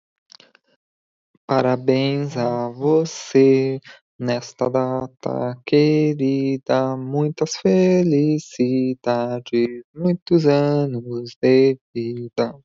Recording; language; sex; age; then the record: short text; Brazilian Portuguese; male; 30 to 39 years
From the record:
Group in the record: control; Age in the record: 36 years